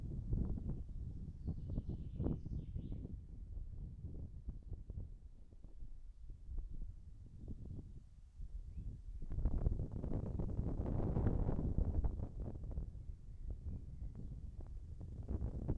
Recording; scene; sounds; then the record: everyday scene through a hearing-aid microphone; wind on the microphone; wind, birds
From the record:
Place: in front of a rural house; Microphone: behind the ear, right, rear